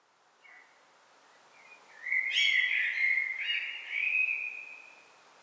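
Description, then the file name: Common blackbird giving a few faint soft notes, then one drawn-out fluting song phrase. "Turdus merula"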